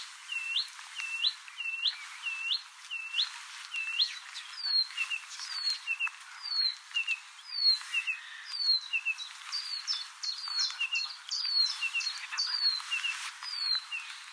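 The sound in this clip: Blyth's reed warbler singing a steady stream of sharp, upslurred and hooked notes, each repeated two to four times before switching, with interspersed clicking chacks.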